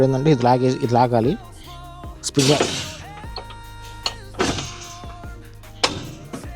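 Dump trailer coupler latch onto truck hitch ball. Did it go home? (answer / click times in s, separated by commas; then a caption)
yes / 5.8 s. Someone talks over music as the latch lever of a BigTex dump trailer's coupler is pulled quickly onto the truck's hitch ball. A sharp metallic hit at 5.8 s marks the latch locking onto the ball.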